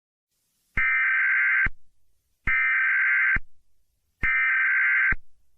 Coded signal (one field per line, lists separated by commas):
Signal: Emergency Alert System (SAME) tones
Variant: header bursts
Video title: EAS Scenario/Mock #16 - The Scissor Girl Attacks